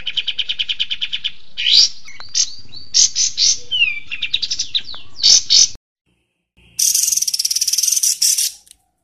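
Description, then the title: Bird song opening with a quick even trill, then varied slurred and sharp notes, a brief pause, and a final high buzzy rattle. "Masteran Burung"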